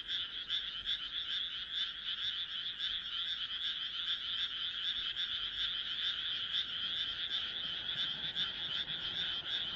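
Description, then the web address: Frogs in a continuous chorus, rapid scratchy pulses layered densely so the sound stays a constant rattling buzz. "kaeru kaeru"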